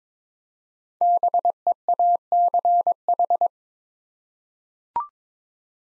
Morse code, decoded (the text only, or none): BEACH